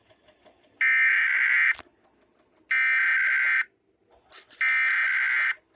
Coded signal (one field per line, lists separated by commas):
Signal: Emergency Alert System (SAME) tones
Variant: header bursts